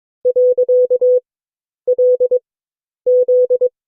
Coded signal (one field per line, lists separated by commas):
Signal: Morse code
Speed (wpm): 22 wpm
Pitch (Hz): 500 Hz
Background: none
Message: .LZ